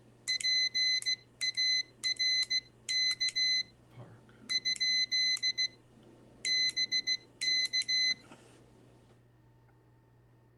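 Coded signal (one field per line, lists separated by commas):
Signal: Morse code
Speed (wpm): 16 wpm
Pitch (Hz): 2050 Hz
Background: none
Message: PARK ? BK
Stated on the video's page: Morse practice with friends; rough recording with poor audio.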